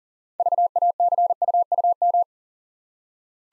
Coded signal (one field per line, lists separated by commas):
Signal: Morse code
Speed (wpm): 42 wpm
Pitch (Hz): 700 Hz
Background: none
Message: VACUUM